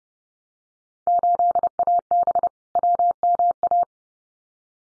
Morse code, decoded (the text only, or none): 8AB WMA